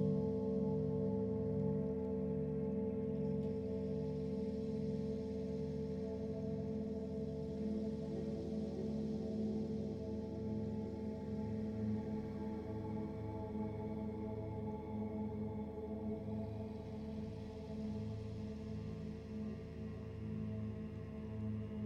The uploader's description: Singing Bowl Sound Therapy